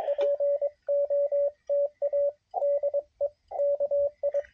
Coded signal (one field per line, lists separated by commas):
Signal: Morse code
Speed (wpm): 22 wpm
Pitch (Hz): 560 Hz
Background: radio noise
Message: POTA DE KI